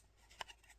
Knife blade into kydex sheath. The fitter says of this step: pretty positive click on the lock I hear that and